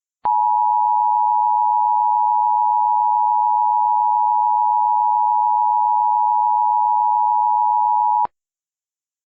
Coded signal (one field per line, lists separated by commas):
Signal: Emergency Alert System (SAME) tones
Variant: 853 and 960 Hz attention tone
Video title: *VALID TONES* The Michigan Dam Failures (EAS Remakes from 5/20/20)